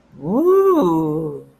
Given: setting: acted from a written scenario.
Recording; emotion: vocal sound without words; interest